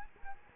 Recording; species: mosquito wingbeat signal from an infrared sensor; Culex quinquefasciatus